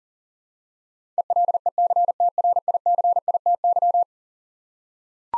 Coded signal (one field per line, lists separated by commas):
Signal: Morse code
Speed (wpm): 40 wpm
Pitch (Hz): 700 Hz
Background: none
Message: ELECTRICITY